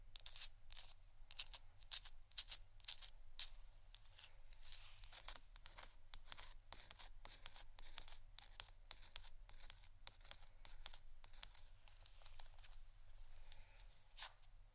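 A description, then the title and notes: Wooden items are tapped and scratched in quick, irregular bursts, with sharp dry clicks arriving several times a second throughout. The sounds are crisp, leaning bright and scratchy, over a steady low hum that runs underneath the whole time. ASMR Tapping & Scratching Wooden Items（No Talking）.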